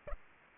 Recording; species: mosquito wingbeat signal from an infrared sensor; Aedes aegypti